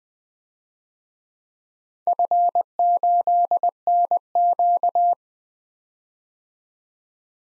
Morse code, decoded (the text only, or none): F8NQ